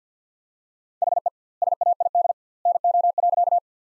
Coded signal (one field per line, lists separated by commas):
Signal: Morse code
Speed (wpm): 51 wpm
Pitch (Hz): 700 Hz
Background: none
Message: HE SAID NO.